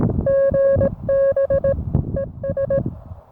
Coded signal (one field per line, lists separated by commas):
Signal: Morse code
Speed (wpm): 17 wpm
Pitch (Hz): 550 Hz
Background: music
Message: GB ES